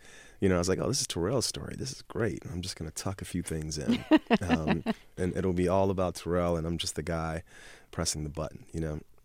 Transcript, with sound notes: You know, I was like, oh, this is Tarell's story. This is great. I'm just going to tuck a few things in.
(Laughter).
And it'll be all about Tarell, and I'm just the guy pressing the button, you know?